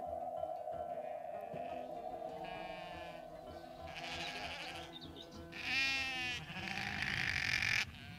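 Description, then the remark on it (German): Six sheep bleat in wavering, overlapping calls that swell louder toward the end, over a steady low droning background with no speech. “Und ich habe dir 6 Schafe mitgebracht.”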